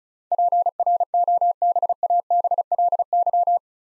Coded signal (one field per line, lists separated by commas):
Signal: Morse code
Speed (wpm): 36 wpm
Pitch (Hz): 700 Hz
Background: none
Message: PROBABLY